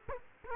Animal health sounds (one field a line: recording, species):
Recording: mosquito wingbeat signal from an infrared sensor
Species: Culex quinquefasciatus